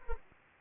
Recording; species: mosquito wingbeat signal from an infrared sensor; Anopheles arabiensis